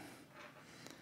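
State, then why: Not seated. A tabbed plastic part is lined up and pushed into a GI Joe Retro HasLab Skystriker toy jet, making soft plastic scraping and rustling sounds with a brief faint tick near 0.9 s. The part has not seated or snapped in place yet.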